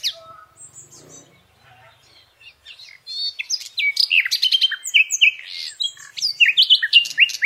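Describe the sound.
Nightingale song opening with soft scattered notes, then a dense run of sharp whistles, chirps and trills at high pitch for several seconds.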